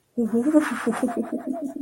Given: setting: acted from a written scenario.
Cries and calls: vocal sound without words; awe

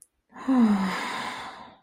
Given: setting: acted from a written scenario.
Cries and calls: vocal sound without words; disappointment

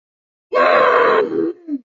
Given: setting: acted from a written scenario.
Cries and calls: vocal sound without words; anger

